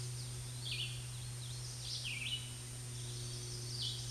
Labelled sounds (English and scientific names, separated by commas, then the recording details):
Red-eyed Vireo (Vireo olivaceus) song
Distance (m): 10 m
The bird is about 5 m above the microphone
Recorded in a Pennsylvania forest on 16 May 2024 at 07:56
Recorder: AudioMoth, point MSD-2083
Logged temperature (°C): 16.7 °C
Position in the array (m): 149 m, 27 m